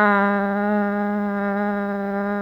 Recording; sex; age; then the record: sustained vowel /a/; female; 40 to 49 years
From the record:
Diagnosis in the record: amyotrophic lateral sclerosis, bulbar signs present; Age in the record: 46 years